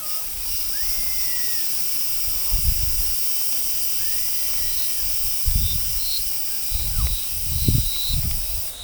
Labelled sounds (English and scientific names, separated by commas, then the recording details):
none
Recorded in forest near Pivijay, Magdalena, Colombia, on 16 April 2023 at 14:00
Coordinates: 10.467, -74.380
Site Z5-G034